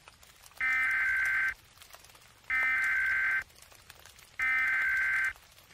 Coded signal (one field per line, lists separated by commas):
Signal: Emergency Alert System (SAME) tones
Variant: header bursts